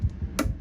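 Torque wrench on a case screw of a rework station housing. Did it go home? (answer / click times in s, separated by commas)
yes / 0.4 s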